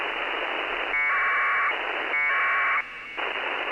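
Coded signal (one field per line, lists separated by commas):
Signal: packet radio (AX.25, as in APRS)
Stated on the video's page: APRS received on an SDRplay RSP SDR with SDRuno.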